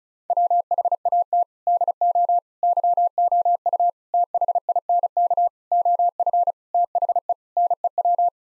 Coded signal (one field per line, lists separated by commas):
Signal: Morse code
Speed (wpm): 34 wpm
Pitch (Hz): 700 Hz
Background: none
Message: WHAT DO YOU THINK OF THE NEW